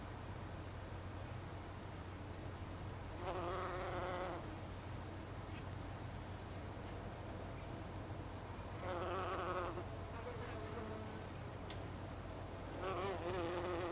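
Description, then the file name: Bumblebee buzzing in three passes, each about a second long, with layered droning tones that swell and fade, over a steady low hum. Bumblebees (Icelandic hunangsflugur), recorded on 26 August 2012. "hunangsflugur 2012-08-26"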